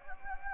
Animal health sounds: mosquito wingbeat signal from an infrared sensor; Anopheles gambiae

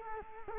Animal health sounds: mosquito wingbeat signal from an infrared sensor; Culex quinquefasciatus

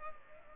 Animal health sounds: mosquito wingbeat signal from an infrared sensor; Culex pipiens

